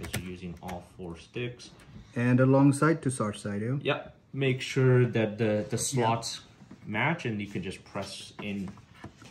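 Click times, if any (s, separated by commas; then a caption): none. A RAM memory module is lined up with a motherboard DIMM slot and handled before being pressed in, while two people talk over it. Nothing has seated or clicked yet; the clip ends before the stick goes home and its plastic retention clips lock.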